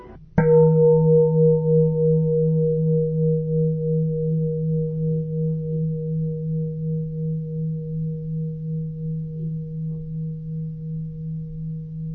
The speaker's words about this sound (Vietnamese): Chuông chánh niệm. Theo truyền thống, ở chùa ta thường dùng chuông để nhắc nhở mọi người trở về với giây phút hiện tại. Mỗi khi nghe chuông, chúng ta ngừng nói chuyện, ngừng suy nghĩ, mỉm cười và quay về với hơi thở, với chính mình.